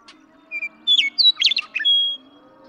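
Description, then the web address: Western meadowlark song: a whistled note, a bright gurgling warble, and a long clear slurred whistle closing the phrase. "birdsongforthecurious songs Western Meadowlark"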